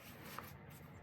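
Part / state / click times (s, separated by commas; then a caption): brake pad wear sensor clip into its mount at the front brake / seated / 0.4 s. A plastic front brake pad wear sensor clip on a Mercedes-Benz CLA is pressed into its mount at the front brake. Over a steady, hissy background, a single short, soft click sounds at 0.4 s as the clip snaps in and seats.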